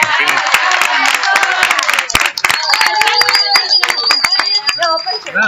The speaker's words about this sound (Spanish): Un aplauso.